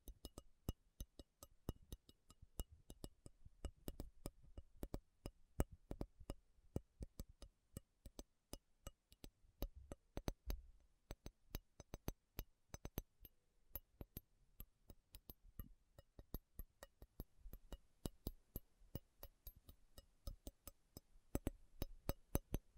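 Metal is tapped in a slow, uneven stream of sharp, ringing clicks that continue across the whole clip, sometimes single and sometimes in quick pairs. Each tap is bright and short. A soft low rumble sits underneath, swelling briefly around the tenth second.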